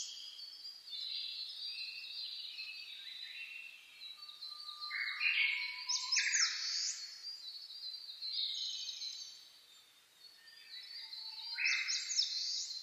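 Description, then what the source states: Birds singing in a dawn chorus: overlapping high chirps, warbles and short trills, with bright bursts near the middle and end and a brief lull around ten seconds. Dawn chorus (reimei) of birdsong (saezuri), recorded on 10 May 2010 at 04:01.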